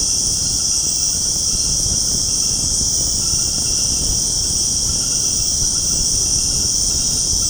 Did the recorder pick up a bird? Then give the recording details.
no. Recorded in secondary vegetation near Puerto Asís, Putumayo, Colombia, on 21 February 2024 at 21:00. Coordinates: 0.489, -76.322. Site G6419